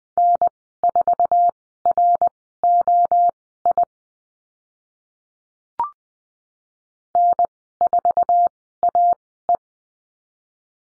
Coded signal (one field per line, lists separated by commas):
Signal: Morse code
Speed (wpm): 20 wpm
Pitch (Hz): 700 Hz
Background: none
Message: N4ROI N4AE